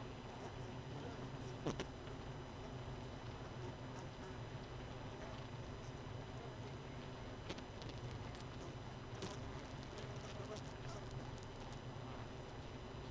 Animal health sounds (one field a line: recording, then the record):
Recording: honeybee colony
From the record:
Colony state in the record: missing queen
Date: 31 May 2018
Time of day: 18:28